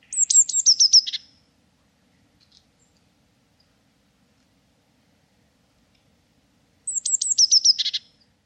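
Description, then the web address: Bird calling twice: bursts of high, sharp descending chirps ending in lower buzzy notes, separated by about six seconds of silence. "cianscape birddata Deverinetal 2025 Bird Only Cy Ca"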